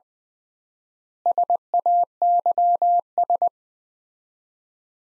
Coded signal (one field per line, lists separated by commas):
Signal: Morse code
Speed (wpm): 21 wpm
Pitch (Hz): 700 Hz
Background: none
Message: SAYS